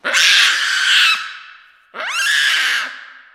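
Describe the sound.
Baboon calls: two loud, harsh screeching cries, the second rising sharply in pitch at its start, with strong harmonics.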